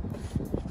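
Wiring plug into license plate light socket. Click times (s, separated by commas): 0.5 s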